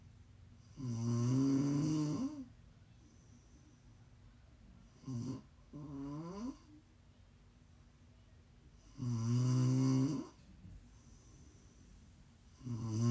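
ASMR snoring: an adult sleeper snores in loud, low-pitched, buzzing bursts with strong harmonics, spaced irregularly, with shorter, softer snorts between them and quiet breathing in the pauses.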